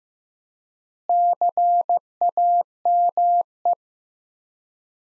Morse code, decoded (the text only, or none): CAME